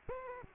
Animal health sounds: mosquito wingbeat signal from an infrared sensor; Aedes aegypti

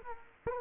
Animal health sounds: mosquito wingbeat signal from an infrared sensor; Culex quinquefasciatus

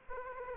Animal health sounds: mosquito wingbeat signal from an infrared sensor; Aedes aegypti

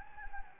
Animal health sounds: mosquito wingbeat signal from an infrared sensor; Anopheles gambiae

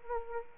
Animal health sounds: mosquito wingbeat signal from an infrared sensor; Anopheles arabiensis

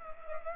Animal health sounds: mosquito wingbeat signal from an infrared sensor; Culex pipiens

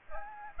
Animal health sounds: mosquito wingbeat signal from an infrared sensor; Aedes aegypti

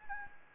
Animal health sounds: mosquito wingbeat signal from an infrared sensor; Anopheles gambiae

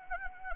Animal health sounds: mosquito wingbeat signal from an infrared sensor; Anopheles arabiensis

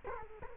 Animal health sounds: mosquito wingbeat signal from an infrared sensor; Culex quinquefasciatus

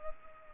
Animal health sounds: mosquito wingbeat signal from an infrared sensor; Culex pipiens

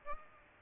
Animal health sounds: mosquito wingbeat signal from an infrared sensor; Aedes aegypti

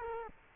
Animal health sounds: mosquito wingbeat signal from an infrared sensor; Culex quinquefasciatus

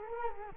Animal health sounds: mosquito wingbeat signal from an infrared sensor; Culex quinquefasciatus

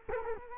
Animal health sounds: mosquito wingbeat signal from an infrared sensor; Culex quinquefasciatus

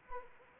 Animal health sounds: mosquito wingbeat signal from an infrared sensor; Anopheles arabiensis

